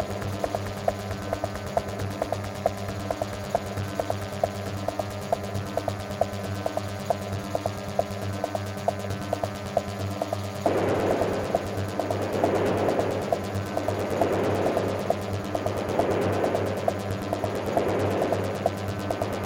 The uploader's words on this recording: Binaural Beat.